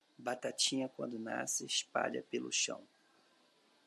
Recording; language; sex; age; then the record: short text; Brazilian Portuguese; male; 50 to 59 years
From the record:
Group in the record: control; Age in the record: 55 years